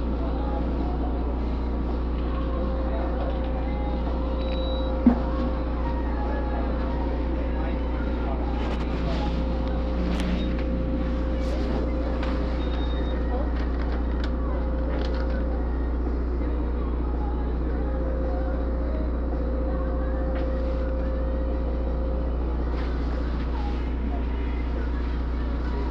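Inside a mobile blood donation bus, a steady low engine or generator hum runs throughout with a constant mid-pitched whine. Faint radio voices murmur underneath, a sharp knock lands around five seconds, and small clicks and clatters come near ten and fifteen seconds.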